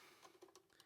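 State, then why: Seated. The battery holder of the active pickup on a Kmise MI3229 double neck tenor ukulele is pushed back into its slot with the batteries lying flat. It locks into place with a short, sharp tick at 0.55 s, followed by a fainter tick at 0.8 s.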